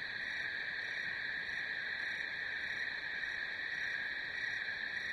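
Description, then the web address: Crickets trilling in a steady, unbroken chorus, a continuous high buzz with faint pulsing notes above it, holding an even level throughout. "сверчки"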